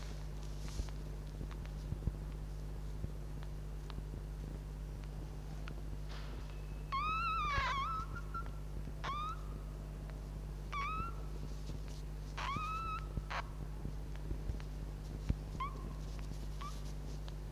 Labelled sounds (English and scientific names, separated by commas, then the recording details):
Red Fox (Vulpes vulpes)
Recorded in captivity
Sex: diverse
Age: juvenile
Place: Zoologisches Institut der HUB, Berlin, DE
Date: 1956-04-03 13:00
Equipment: Elmetra
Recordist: Tembrock, Günter
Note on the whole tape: Zenzi-Welpen: laut Ansage (aber statt Männchen 2 muß es am Anfang Männchen 1 heißen!) Quärren, Wispern, Einschlaflaut (direkt am Mikrofon - höchstens bis 5 cm entfernt). Netzbrummen